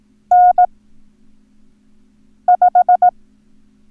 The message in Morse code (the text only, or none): N5